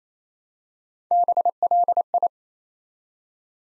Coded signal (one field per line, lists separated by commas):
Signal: Morse code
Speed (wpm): 27 wpm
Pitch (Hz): 700 Hz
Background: none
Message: BLI